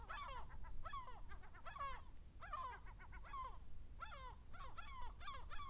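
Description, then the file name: Gulls utter clusters of sharp, descending yelping calls, bursts clumped with short gaps, over low steady background noise. "Seagulls Gaviotas"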